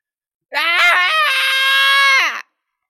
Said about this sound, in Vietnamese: Bái Phong kêu gào điên loạn như một con thú, khóc thét vang vọng.